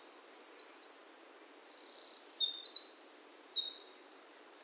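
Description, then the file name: Eurasian wren song: a rapid, high-pitched cascade of trills and sharp buzzy notes, with a fast zigzag trill opening, continuing for about four seconds before stopping. Recorded on Mount Nikko-Shirane, Japan, on 7 August 2019; singing. "ミソサザイ 日光白根山"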